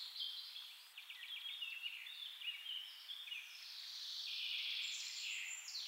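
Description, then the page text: Red-breasted flycatcher giving faint high chirps and a short dry rattle, with other thin high notes over a soft background hiss. Iran. "Red-breasted Flycatcher. پرندگان ایران: مگس گیر سینه سرخ. باشگاه پرنده نگری ایرانیان. مگس گیر سینه سرخ - صدا"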